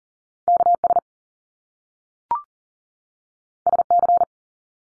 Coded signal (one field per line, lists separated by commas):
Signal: Morse code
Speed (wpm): 40 wpm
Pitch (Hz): 700 Hz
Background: none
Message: KS SC